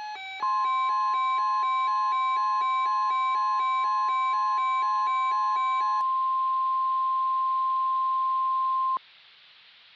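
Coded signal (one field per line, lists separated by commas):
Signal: Emergency Alert System (SAME) tones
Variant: 1050 Hz attention tone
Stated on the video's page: Fake hypothetical EAS scenario; simulated alert tones for a Florida tornado outbreak.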